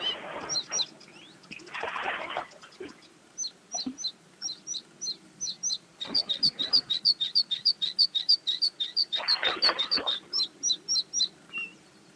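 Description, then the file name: Bluethroat song: paired high notes repeated in slow groups, then quickening into a long rapid ringing trill, with bursts of rushing noise between. "gorge bleue"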